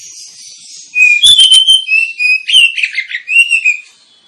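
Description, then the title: Oriental magpie-robin song, a fast run of bright whistles and buzzy twitters lasting about three seconds after faint chatter. Lure recording (pancingan) of a kacer, played to provoke other kacer birds into singing and fighting; described as persistent, full 'tembakan' song. "KACER NGOTOT FULL TEMBAKAN. Kacer dimana SAJA Bakalan NGEPLONG GACOR dengan Pancingan Kacer ini"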